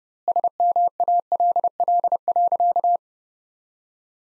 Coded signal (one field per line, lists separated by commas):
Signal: Morse code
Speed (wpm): 32 wpm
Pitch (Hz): 700 Hz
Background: none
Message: SMALL.